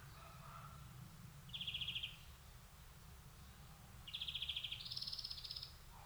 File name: Chloris chloris